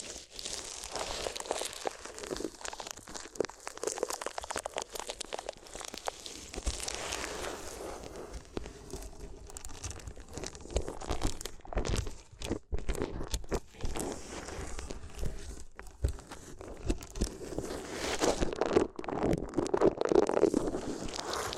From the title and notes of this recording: ASMR If You Had Paper Ears (No Talking).